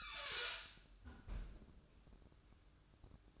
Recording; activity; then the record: daily activity, microphone in the room; close fridge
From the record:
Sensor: 2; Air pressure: 1007.6 hPa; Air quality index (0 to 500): 52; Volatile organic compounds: 1 ppm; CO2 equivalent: 573 ppm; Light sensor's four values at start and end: 10/23/9/10 and 10/23/9/10